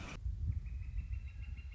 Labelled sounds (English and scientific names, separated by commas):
Northern Flicker (Colaptes auratus)